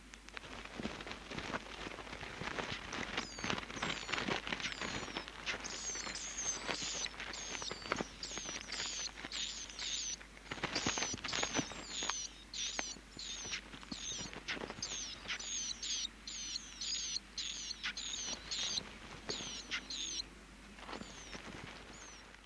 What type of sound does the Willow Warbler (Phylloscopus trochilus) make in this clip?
call